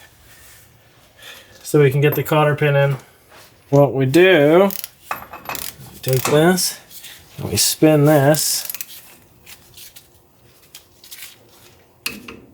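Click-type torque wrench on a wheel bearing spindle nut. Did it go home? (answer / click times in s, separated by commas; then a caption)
yes / 12.1 s. On the front suspension of a 1971 Buick Riviera, a click-type torque wrench is turned on the spindle nut while setting up the wheel bearings, as someone talks. Quiet rubbing and small metallic knocks are heard until the wrench gives a sharp click at its set torque at 12.1 s.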